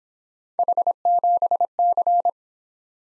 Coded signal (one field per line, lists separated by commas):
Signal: Morse code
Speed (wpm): 25 wpm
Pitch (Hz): 700 Hz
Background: none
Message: H7C